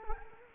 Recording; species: mosquito wingbeat signal from an infrared sensor; Culex quinquefasciatus